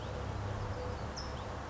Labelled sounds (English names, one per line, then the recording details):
California Towhee
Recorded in Sonoma County, California